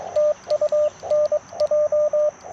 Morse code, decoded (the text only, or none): TU NJ